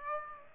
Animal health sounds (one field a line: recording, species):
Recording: mosquito wingbeat signal from an infrared sensor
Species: Aedes aegypti